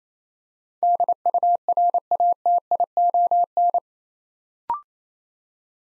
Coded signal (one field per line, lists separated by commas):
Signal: Morse code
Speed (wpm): 27 wpm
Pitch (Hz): 700 Hz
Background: none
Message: DURATION